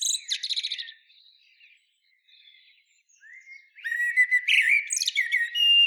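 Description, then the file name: Common blackbird singing, a brief scratchy twitter first, then after a lull a louder run of fluted whistles mixed with sharp high squeaks. "Turdus merula"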